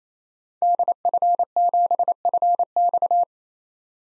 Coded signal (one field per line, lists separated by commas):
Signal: Morse code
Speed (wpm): 27 wpm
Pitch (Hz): 700 Hz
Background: none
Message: DF7FX